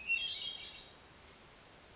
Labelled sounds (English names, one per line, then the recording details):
Hermit Thrush
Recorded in Sonoma County, California